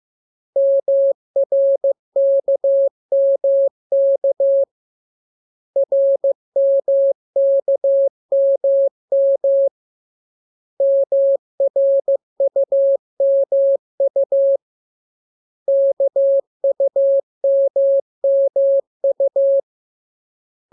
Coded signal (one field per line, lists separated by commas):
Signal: Morse code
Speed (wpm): 15 wpm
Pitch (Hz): 550 Hz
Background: none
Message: MRKMK RMKMM MRUMU KUMMU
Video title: Learning Morse Code. Lesson 3. Letter KMUR